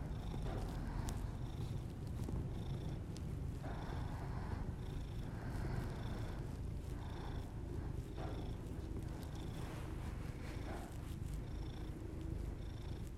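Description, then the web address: Cat purr, deep steady rumbling for the whole stretch, punctuated by repeated breathy exhalations. Pet cat purring, recorded alongside the owner's heavy breathing as ASMR audio. "Miss Because. Just Purrs [ASMR][Literally just my cat purring and my heavy breathing]"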